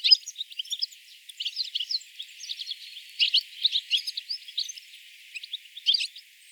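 European Goldfinch calls, many quick high tinkling twitters and chirps in a continuous busy stream.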